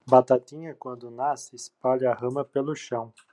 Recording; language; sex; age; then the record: short text; Brazilian Portuguese; male; 40 to 49 years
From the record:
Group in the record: control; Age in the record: 46 years